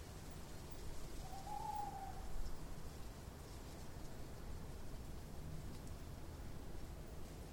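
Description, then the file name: Owl call: one brief, clear whistled hoot partway through, gently arched in pitch, over steady background noise. "Eule"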